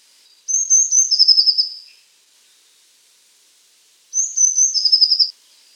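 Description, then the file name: Blue tit song: a few thin, high introductory notes leading into a fast, ringing trill, given twice with a pause of about two seconds between phrases. "lazorevka"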